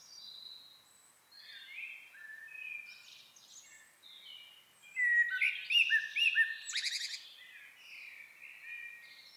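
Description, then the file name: Common blackbird song: soft mellow warbling phrases that grow louder midway into brighter twittered notes, ending in quieter fluting. "Turdus merula"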